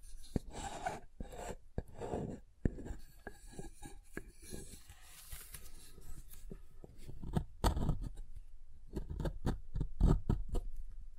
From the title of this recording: SoftHard Soap Tapping and Carving